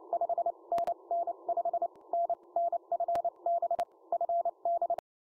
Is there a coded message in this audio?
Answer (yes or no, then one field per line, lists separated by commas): yes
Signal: Morse code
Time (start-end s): 0.1-4.9 s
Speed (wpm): 29 wpm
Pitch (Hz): 680 Hz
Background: none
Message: 5NN 5NN FB FD